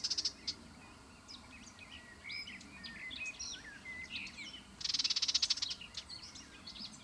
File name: canto verso sterpazzola sylvia communis common whitethroat curruca zarcera